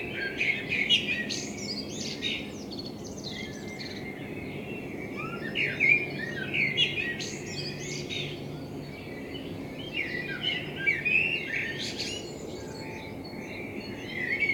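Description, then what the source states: Common blackbird singing a series of fluted phrases, each closing in thin high twitters, repeated every few seconds against continuous low background noise. Blackbird in front of the recordist's window; captured binaurally with a self-built dummy head, for headphone listening.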